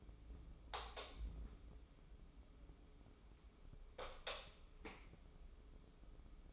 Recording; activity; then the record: daily activity, microphone in the room; light off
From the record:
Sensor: 1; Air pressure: 995.3 hPa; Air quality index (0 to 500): 24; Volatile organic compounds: 0 ppm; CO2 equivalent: 501 ppm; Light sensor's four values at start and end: 14/41/16/17 and 10/26/10/11